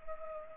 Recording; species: mosquito wingbeat signal from an infrared sensor; Culex pipiens